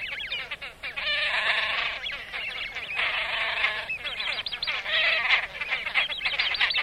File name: De Fuut